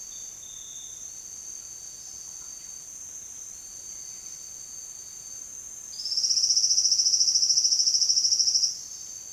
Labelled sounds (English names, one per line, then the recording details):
none
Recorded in secondary vegetation near Puerto Asís, Putumayo, Colombia, on 19 June 2025 at 09:30
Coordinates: 0.485, -76.322
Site GP06